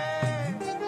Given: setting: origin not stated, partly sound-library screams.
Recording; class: one-second piece from a danger detection set; normal situation